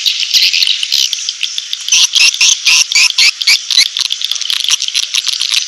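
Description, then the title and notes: Swiftlets chirping in quick bursts of high twitters, with brief gaps between clusters. Swiftlet sound used in swiftlet farming, Asia. "Swiflet Bird Sound. Farming Swiflet Bird asia sound"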